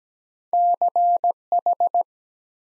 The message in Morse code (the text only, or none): CH